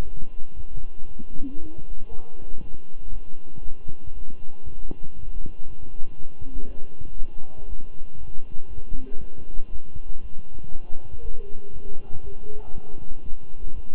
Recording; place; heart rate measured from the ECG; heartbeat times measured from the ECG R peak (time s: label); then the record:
heart sounds by stethoscope; between the tricuspid and mitral areas; 118 bpm
0.03 s: heartbeat
0.55 s: heartbeat
1.06 s: heartbeat
1.58 s: heartbeat
2.09 s: heartbeat
2.60 s: heartbeat
3.11 s: heartbeat
3.63 s: heartbeat
4.13 s: heartbeat
4.64 s: heartbeat
5.15 s: heartbeat
5.66 s: heartbeat
6.17 s: heartbeat
6.67 s: heartbeat
7.17 s: heartbeat
7.68 s: heartbeat
8.19 s: heartbeat
8.69 s: heartbeat
9.19 s: heartbeat
9.70 s: heartbeat
10.21 s: heartbeat
10.71 s: heartbeat
11.21 s: heartbeat
11.72 s: heartbeat
12.23 s: heartbeat
12.74 s: heartbeat
13.23 s: heartbeat
13.74 s: heartbeat
From the record:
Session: walking at 3.7 km/h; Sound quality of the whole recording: good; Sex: male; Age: 23 years